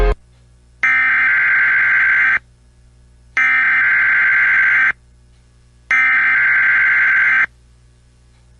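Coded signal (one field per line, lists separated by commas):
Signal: Emergency Alert System (SAME) tones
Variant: header bursts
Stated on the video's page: Emergency Alert System alerts for two Winter Storm Warnings.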